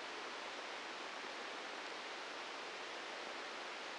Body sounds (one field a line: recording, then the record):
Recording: brain microelectrode recording played as sound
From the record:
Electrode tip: inside the subthalamic nucleus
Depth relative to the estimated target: -1 mm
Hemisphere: right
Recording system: NeuroSet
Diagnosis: Parkinson's disease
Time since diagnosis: 8 years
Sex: male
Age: 59 years